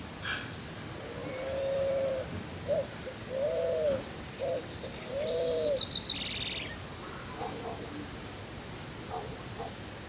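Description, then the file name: Spot-winged pigeon giving three drawn-out coos, the first two each followed by a brief clipped note, then falling silent while a small bird chirps high and briefly. Recorded at Arredondo, Córdoba. "Paloma-Manchada Arredondo"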